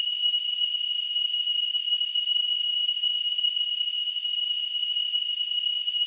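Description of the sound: A steady, high-pitched pure tone around 3 kHz holds unchanged for six seconds, with a faint hiss behind it and no low sounds. It is a simulated tonal tinnitus, imitating the constant ringing a person with tinnitus hears.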